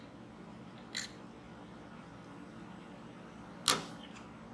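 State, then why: Seated. A new cartridge fuse is centered on a circuit board fuse holder and pushed down evenly on both sides. A light click comes at 1.0 s and a much sharper, stronger click at 3.7 s as the fuse snaps into the holder clips and is seated.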